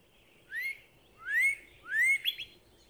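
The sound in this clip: Northern cardinal song: three clear upslurred whistles, each rising sharply.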